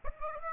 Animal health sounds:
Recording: mosquito wingbeat signal from an infrared sensor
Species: Aedes aegypti

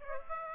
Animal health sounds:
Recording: mosquito wingbeat signal from an infrared sensor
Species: Aedes aegypti

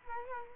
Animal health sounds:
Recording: mosquito wingbeat signal from an infrared sensor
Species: Culex quinquefasciatus

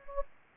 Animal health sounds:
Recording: mosquito wingbeat signal from an infrared sensor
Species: Anopheles gambiae

